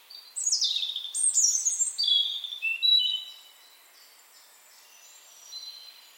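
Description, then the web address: European robin song: a cascading phrase of high, clear whistles stepping downward with short twittering runs, lasting under three seconds before fading into near silence. "Deverinetal 2025 File origin Bird Only Er Ru"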